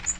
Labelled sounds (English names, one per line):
Magnolia Warbler flight call